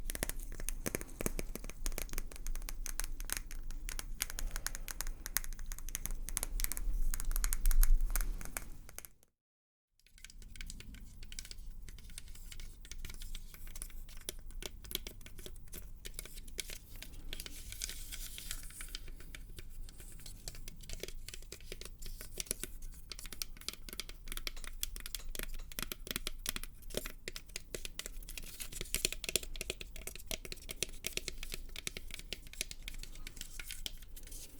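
Tapping and scratching sounds run throughout, a dense, busy stream of crisp clicks and scrapes with bright crinkling and rustling textures. Around nine seconds everything drops to silence for about a second, then the steady scratching resumes and continues evenly to the end.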